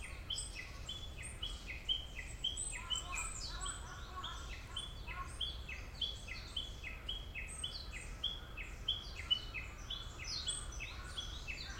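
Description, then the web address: Birds calling in a dense chorus, many overlapping short chirps and whistled notes repeating quickly, with a steady low background rumble. "yacho koe 190614"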